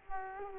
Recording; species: mosquito wingbeat signal from an infrared sensor; Culex quinquefasciatus